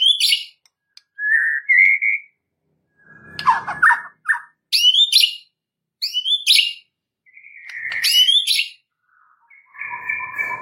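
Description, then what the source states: White-rumped shama delivering separate varied phrases of rich whistles and sharp high notes with short silences between, one harsher rattling burst midway. Tutor song with full ngerol and nembak song styles.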